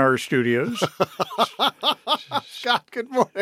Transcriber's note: laughter